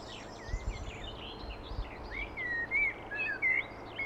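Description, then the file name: Common blackbird song: high scratchy notes, then a few clear, slurred whistled notes in the second half, over a low rumbling background. "Turdus merula"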